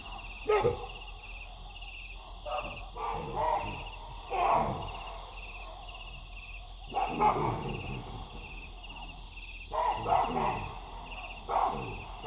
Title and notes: Niokolo Koba national park, Eastern Senegal. Night falls as baboons roosting in a big tree sense a predator in the distance and sound the alarm.